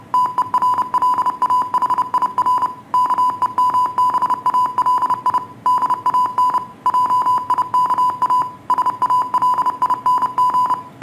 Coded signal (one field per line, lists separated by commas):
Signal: Morse code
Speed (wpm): 31 wpm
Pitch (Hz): 1000 Hz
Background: none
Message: TERLAHIR KEMBALI DAN JIKA SALING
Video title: Practice Morse Code